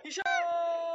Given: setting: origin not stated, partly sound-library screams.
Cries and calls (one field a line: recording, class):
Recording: one-second piece from a danger detection set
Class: woman in danger